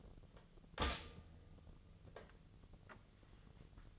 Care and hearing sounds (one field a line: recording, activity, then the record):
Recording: daily activity, microphone in the room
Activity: stop toaster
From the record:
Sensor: 4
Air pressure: 1010.2 hPa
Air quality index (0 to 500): 178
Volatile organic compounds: 5 ppm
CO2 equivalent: 1802 ppm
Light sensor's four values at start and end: 23/70/28/28 and 24/71/28/28